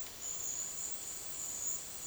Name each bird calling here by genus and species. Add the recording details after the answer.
none. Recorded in dense forest near Puerto Asís, Putumayo, Colombia, on 18 February 2024 at 12:30. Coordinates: 0.502, -76.326. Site G6460